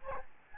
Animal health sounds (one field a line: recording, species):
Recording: mosquito wingbeat signal from an infrared sensor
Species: Aedes albopictus